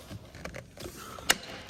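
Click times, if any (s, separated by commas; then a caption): 0.4 s, 1.3 s. An aluminum mirror cap is pushed further onto a side mirror housing, and its clips click into place at 0.5 s and 1.3 s. The second click is the sharpest and loudest, with softer handling noises around it. The mirror cap is seated.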